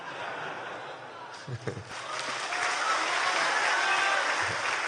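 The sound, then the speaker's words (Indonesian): A crowd applauds steadily, a dense wash of clapping that swells and holds at full strength, with a few brief laughs or voices surfacing early on. “Bank Syariah, belum, jangan tepuk tangan dulu, masih panjang.”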